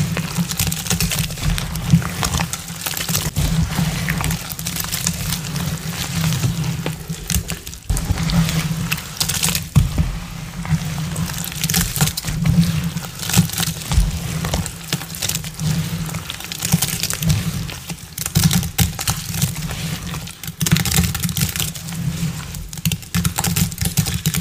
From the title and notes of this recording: Restock Prep, Paste Mixing, Filling Molds w/ Electric Purple Confetti Mix.